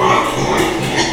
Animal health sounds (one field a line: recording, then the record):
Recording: squeal of a Yucatan mini pig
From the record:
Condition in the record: before surgery on the right vocal fold (resection and tissue-engineered implant)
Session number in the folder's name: 2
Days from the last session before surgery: 0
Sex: male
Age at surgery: 12 weeks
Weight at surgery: 13 kg